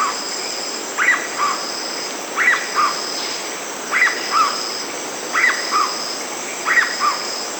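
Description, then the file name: Black-bellied cuckoo giving a regular series of two-part calls, a bright upper note then a dropping lower one, repeating roughly every 1.4 seconds over insect drone. Brazil and Bolivia. "Black-bellied Cuckoo (Piaya melanogaster), Brazil, Bolivia"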